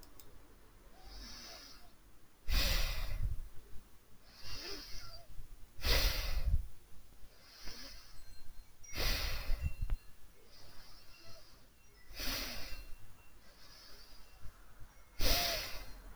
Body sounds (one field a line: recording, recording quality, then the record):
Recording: deep breathing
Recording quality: excellent, no background noise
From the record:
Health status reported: healthy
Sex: female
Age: 25 years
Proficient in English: yes